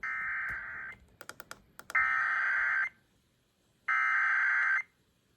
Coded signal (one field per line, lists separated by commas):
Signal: Emergency Alert System (SAME) tones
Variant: header bursts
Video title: ILM Tornado Warning on 94.9 WVCO-FM - EAS 943 - 7/14/23